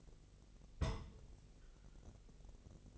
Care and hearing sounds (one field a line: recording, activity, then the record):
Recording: daily activity, microphone in the room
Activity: place on stove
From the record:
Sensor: 4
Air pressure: 1000.2 hPa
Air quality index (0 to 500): 218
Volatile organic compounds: 24 ppm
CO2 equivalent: 2808 ppm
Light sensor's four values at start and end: 9/20/8/8 and 9/20/8/8